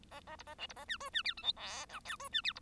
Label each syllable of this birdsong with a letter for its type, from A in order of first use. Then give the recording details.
A A B A C B A D E D F G H I J K E D F B. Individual Bird1